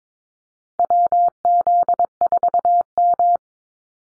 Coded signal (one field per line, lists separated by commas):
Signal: Morse code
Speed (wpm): 22 wpm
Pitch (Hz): 700 Hz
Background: none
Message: WZ4M